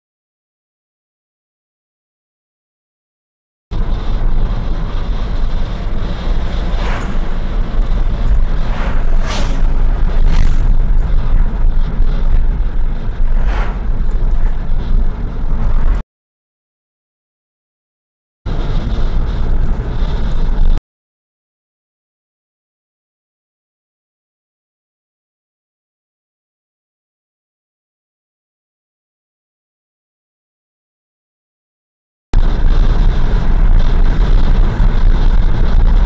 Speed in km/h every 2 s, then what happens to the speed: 58, 55, 52, 47, 55, 49, 47, 43, 38, 53, 58, 65, 67, 61, 58, 68, 74, 76.
0-5 slows to 47. 9-17 slows to 38. 17-22 speeds up to 65. 24-28 slows to 58. 28-36 speeds up to 76.